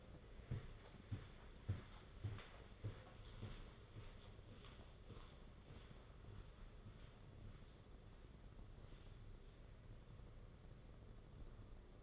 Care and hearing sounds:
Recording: daily activity, microphone in the room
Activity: walk to room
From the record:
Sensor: 4

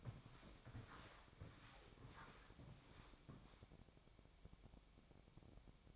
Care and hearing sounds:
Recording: daily activity, microphone in the room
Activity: walk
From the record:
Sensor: 1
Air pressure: 1000.5 hPa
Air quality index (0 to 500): 170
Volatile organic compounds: 4 ppm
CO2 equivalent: 1578 ppm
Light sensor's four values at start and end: 15/36/15/17 and 15/37/15/18

